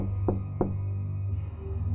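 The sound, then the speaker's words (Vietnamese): Two sharp knocks on a toilet door, spaced about a third of a second apart, over a steady low hum, followed by quiet. “đang thả hồn theo dòng nước tinh khiết thì bỗng dưng tôi nghe ở ngoài cửa toilet có tiếng gõ cửa.”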